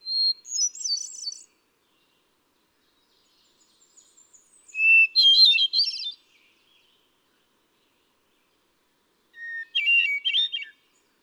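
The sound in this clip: Hermit thrush song: three separate flute-like phrases, each opening on a clear held whistle and breaking into a rapid tumbling flourish, spaced several seconds apart, at varying pitches.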